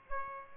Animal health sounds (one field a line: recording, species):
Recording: mosquito wingbeat signal from an infrared sensor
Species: Aedes aegypti